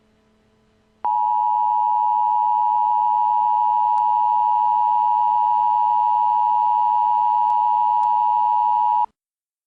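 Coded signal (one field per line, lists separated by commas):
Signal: Emergency Alert System (SAME) tones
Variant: 853 and 960 Hz attention tone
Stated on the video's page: Fictional EAS scenario.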